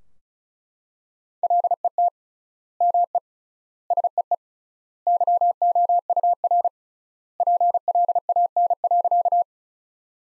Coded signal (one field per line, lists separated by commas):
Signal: Morse code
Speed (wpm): 34 wpm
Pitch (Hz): 700 Hz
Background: none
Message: LET ME SEE YOUR PLAN.